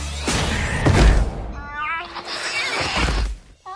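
A cat meows repeatedly with wavering, strained yowls that rise and bend in pitch, fairly loud, ending with a short higher mew after a brief pause, amid thumping background noise.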